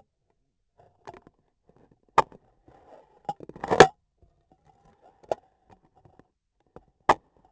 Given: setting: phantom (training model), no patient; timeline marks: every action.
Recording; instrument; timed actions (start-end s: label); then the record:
laparoscopic instrument, vibration sensor on the handle end; scissors
2.10-2.54 s: scissors opening
3.20-3.93 s: cutting foam
6.98-7.52 s: scissors opening
From the record:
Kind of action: gesture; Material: foam